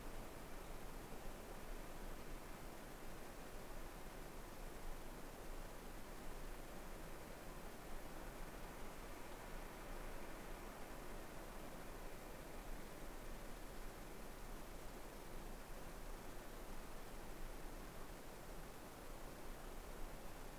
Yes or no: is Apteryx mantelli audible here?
no